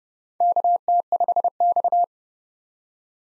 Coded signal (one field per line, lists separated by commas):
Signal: Morse code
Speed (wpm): 30 wpm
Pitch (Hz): 700 Hz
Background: none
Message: KT5X